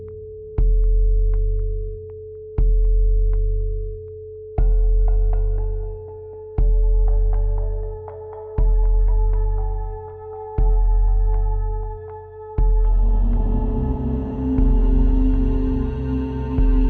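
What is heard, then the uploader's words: Shamanic drums beat in a slow, steady pulse, one deep booming hit about every two seconds, each swelling and fading before the next. A sustained ringing tone hums underneath throughout, and bright metallic overtones build up, thickening into a dense shimmering wash over the last few seconds. Shamanic Drums.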